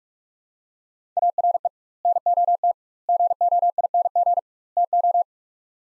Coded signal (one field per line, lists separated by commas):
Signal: Morse code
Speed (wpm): 44 wpm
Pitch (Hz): 700 Hz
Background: none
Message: ARE NOT GOING TO